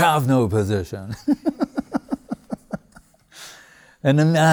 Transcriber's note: laughing